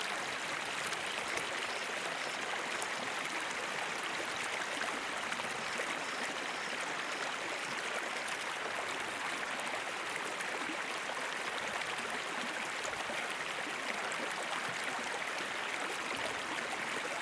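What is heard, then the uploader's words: A river flows steadily and without pause, a dense burble of running water that fills the low and middle range with a bright hiss on top. The level stays even throughout, with small splashes and trickles flickering within the constant wash. A slow-moving river winding through a lush, green forest.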